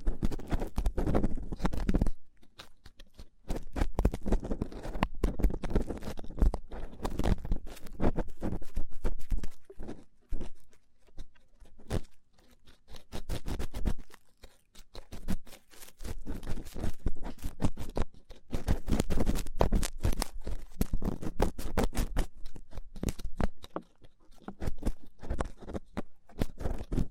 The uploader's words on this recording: ASMR Rough Ear Cleaning (No Talking).